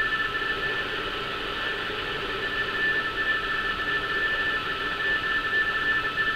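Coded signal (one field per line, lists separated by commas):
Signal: RTTY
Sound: two-pitch warbling teleprinter tone chattering steadily under heavy hiss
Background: radio static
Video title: Decoding RTTY navigation warnings from Hamburg, Germany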